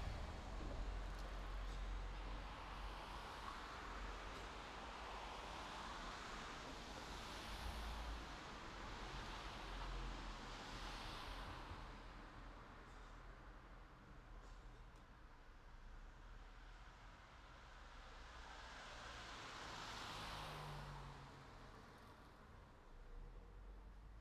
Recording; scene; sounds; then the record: everyday scene through a hearing-aid microphone; in traffic; traffic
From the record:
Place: city secondary road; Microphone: in the ear canal, left